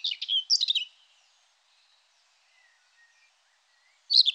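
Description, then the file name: Common whitethroat: a brief hurried, throaty warble of two bursts, long silence, then the start of another phrase right at the end. "Fauvette grisette"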